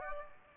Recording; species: mosquito wingbeat signal from an infrared sensor; Aedes aegypti